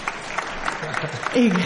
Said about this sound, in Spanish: Son las Sonrisas Elliot, que las tenemos aquí. Fuerte aplauso para ellas, por favor, también.